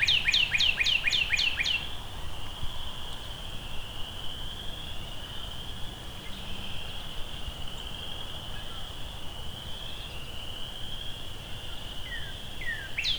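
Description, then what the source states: Northern cardinal song opening with a rapid series of slurred whistles, followed by a long steady whistled tone and a few downslurred notes near the end. Singing up to the recordist's right.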